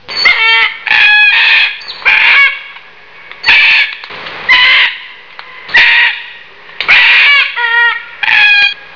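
Red-tailed black cockatoo giving a series of loud, harsh, grating calls with ringing overtones.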